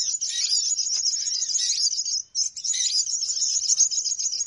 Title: Baru Diputar Dah Banyak Merapat! Suara Pikat Burung Ribut